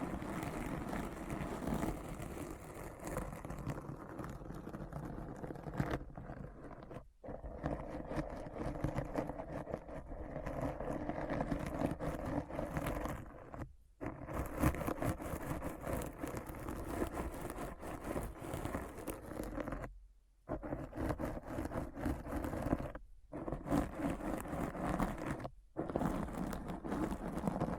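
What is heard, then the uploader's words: Scratching runs almost without pause, a dense, rough rustle heavy in the low and middle range, with a faint rumbling, engine-like steadiness. Brief dead silences break it near 7, 14, 20, 23 and 25 seconds before the scratching resumes at the same level. ASMR Deep Brain Scratch (No Talking).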